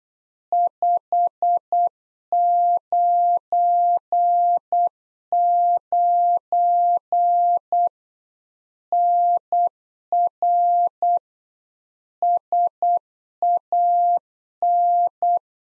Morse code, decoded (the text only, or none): 599 NR SAN